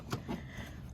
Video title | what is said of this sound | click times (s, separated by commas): E46 M3 MISHIMOTO AND MOROSO INSTALL | same thing just there you go once you hear that click you're good | 0.1 s